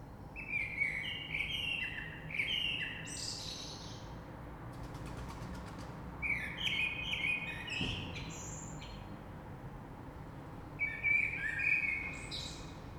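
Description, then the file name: Common blackbird song: several melodious warbled phrases with high twittered endings, separated by short pauses, plus a brief click and low background hum. Recorded 3 March 2020. "Rush Merle"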